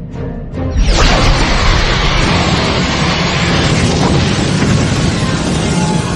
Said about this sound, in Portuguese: Então, aí depois que eles dão esse tiro, né, aí o capitão ordena que também lance uns torpedos, né, vamos foder com essa bosta tudo, né?